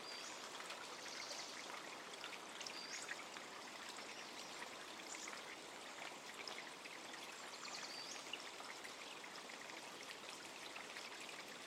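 A creek runs steadily, a dense, bright rush of trickling water with faint chirps and small splashes throughout.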